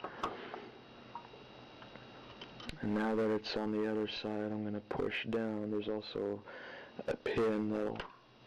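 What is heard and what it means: A CPU cooler's retention clip, already hooked on the other side, is being pushed down onto the processor socket bracket. A few faint, short handling taps sound in the first 2.7 seconds, then someone talks over the rest of the clip. Nothing has seated or clicked yet.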